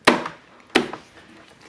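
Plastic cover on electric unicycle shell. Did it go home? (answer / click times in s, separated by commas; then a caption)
yes / 0.1 s, 0.8 s. A plastic cover or pad is pressed onto the shell of an Inmotion V10F electric unicycle and snaps into place with two sharp, loud clicks at 0.1 s and 0.8 s, each followed by a quieter secondary tap. The cover ends up seated, right in place with a tight fit.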